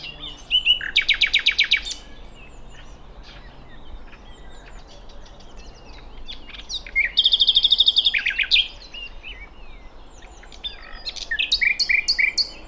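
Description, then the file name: Common nightingale song in three loud phrases, each a fast rattling series of sharp repeated notes mixed with whistles, with quiet gaps between. "Luscinia megarhynchos"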